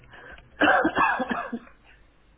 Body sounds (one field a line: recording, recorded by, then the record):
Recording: voluntary cough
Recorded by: telephone call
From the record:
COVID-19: negative